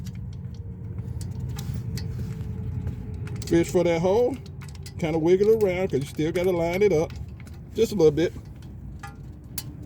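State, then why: Not seated. A vehicle speed sensor is fished into its hole in the transmission housing and wiggled to line it up before it is threaded in by hand, as part of a fix for high RPMs with little or no vehicle movement. Someone talks over faint metallic jingling and scattered small ticks, with a sharper tick near the end at 9.6 s. Nothing has seated or clicked yet.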